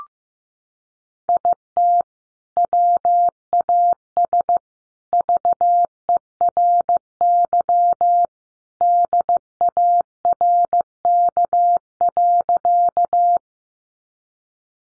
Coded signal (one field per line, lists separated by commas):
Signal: Morse code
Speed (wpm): 15 wpm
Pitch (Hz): 700 Hz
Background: none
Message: IT WAS VERY DARK.